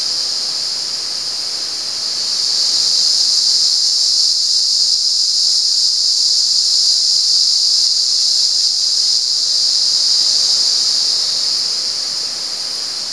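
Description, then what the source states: Cicada chorus-like drone, high and hissing, swelling after two seconds and easing slightly near the end. At San Ramon.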